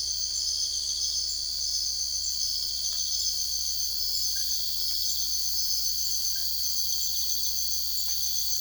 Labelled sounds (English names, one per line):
none